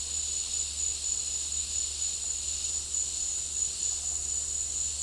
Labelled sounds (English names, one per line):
none